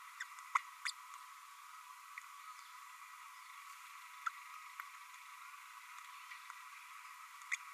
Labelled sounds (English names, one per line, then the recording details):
Green-rumped Parrotlet babbling
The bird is a female
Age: 29 days
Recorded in a nest box in Venezuela
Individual 17B32A7